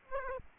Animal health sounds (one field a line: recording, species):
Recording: mosquito wingbeat signal from an infrared sensor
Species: Aedes aegypti